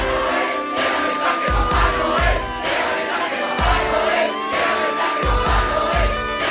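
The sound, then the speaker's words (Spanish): A large crowd shouts a countdown of "3, 2, 1" together in a loud, continuous roar of many voices, swelling and overlapping for several seconds, with heavy low thumps pulsing underneath. “¡Y cuando yo diga, todo el mundo empezará a gritar 3, 2, 1!”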